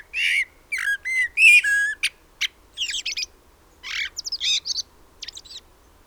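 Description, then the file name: Common blackbird song: low fluty whistled notes near the start, then scratchy high twitters in quick uneven bursts through the rest of the phrase. "Turdus merula"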